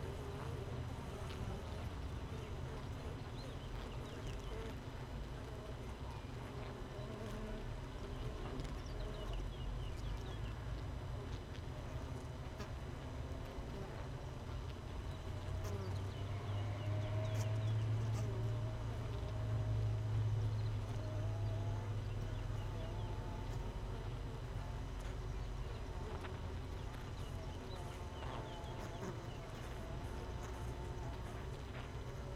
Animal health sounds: honeybee colony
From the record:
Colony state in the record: missing queen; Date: 31 May 2018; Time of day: 6:23

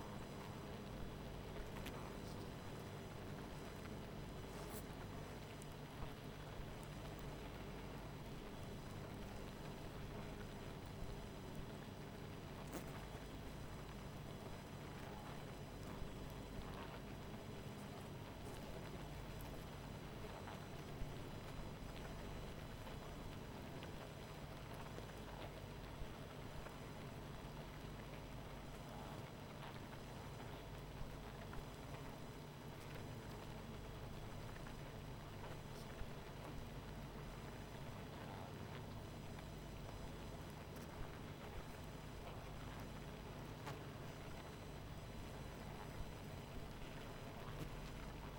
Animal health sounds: honeybee colony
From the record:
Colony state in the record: missing queen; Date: 14 July 2017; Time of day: 19:30

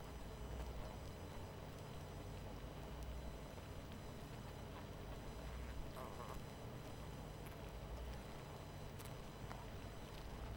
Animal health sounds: honeybee colony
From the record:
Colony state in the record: missing queen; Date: 14 July 2017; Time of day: 23:09

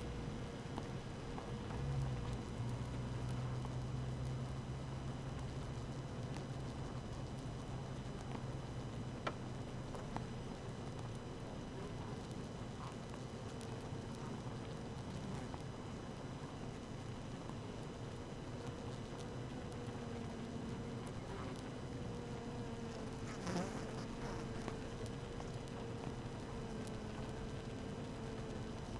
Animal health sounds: honeybee colony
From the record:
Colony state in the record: active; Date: 12 June 2018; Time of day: 6:59

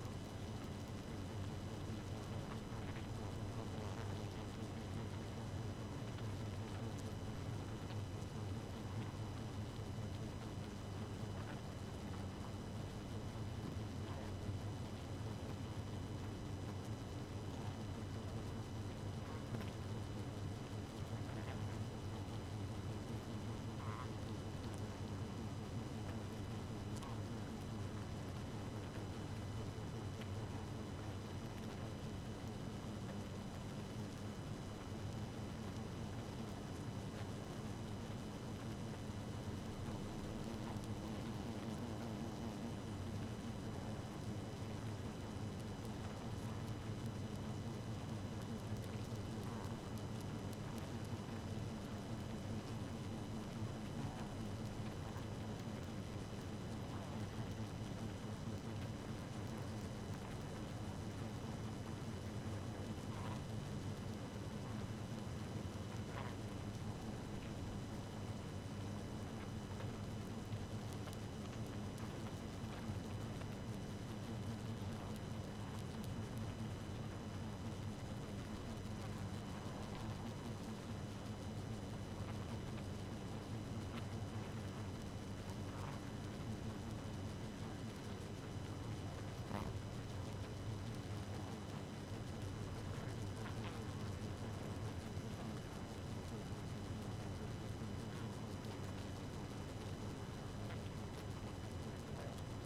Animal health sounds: honeybee colony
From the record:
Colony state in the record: active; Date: 12 June 2018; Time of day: 0:41

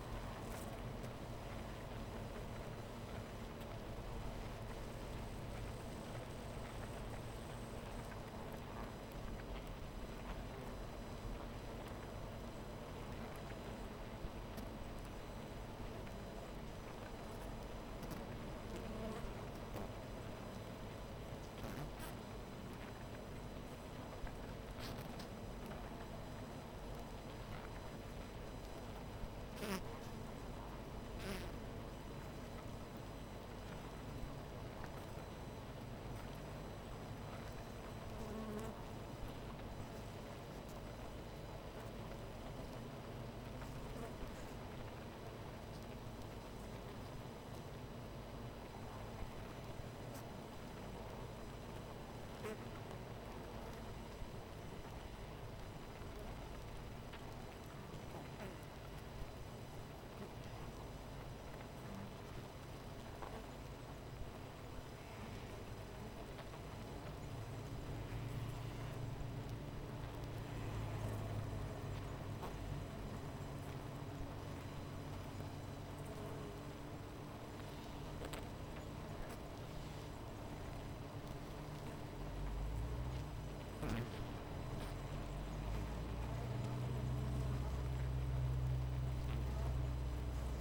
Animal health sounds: honeybee colony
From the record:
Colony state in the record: missing queen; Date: 14 July 2017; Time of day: 13:26

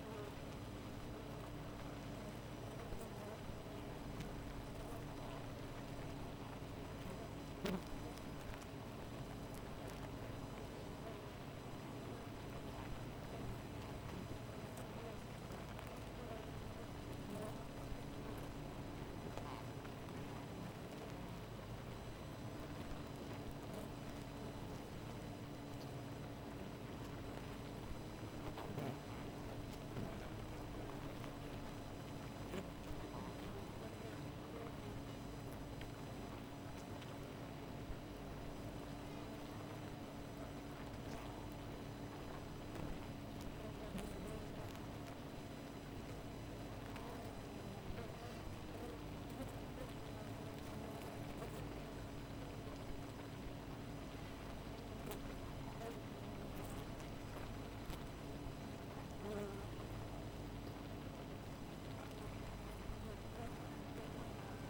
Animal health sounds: honeybee colony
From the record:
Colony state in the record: missing queen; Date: 14 July 2017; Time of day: 4:14

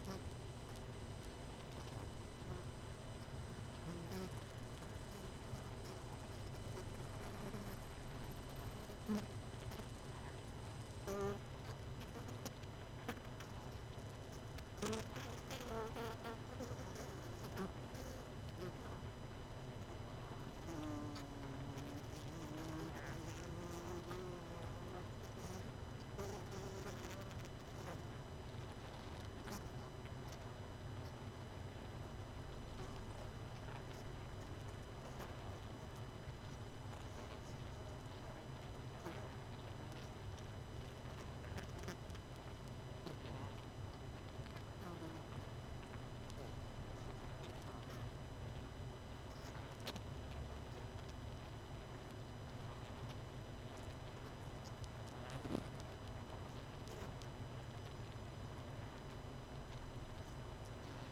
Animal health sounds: honeybee colony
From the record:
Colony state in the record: missing queen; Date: 31 May 2018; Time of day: 21:04

